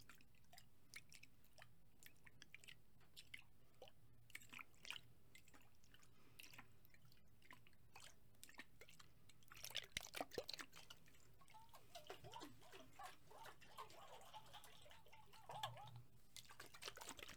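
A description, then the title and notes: Foamy liquid is shaken, giving a steady run of small wet clicks and crackles, like bubbles popping. Around ten seconds a burst of louder, denser splashing sounds, then the fizzing continues with scattered sharp pops toward the end over a low, constant hum. ASMR Liquid Shaking Heaven. Foamy liquid sounds.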